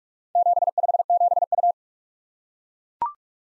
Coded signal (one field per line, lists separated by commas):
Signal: Morse code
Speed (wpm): 44 wpm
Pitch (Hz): 700 Hz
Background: none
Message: 757U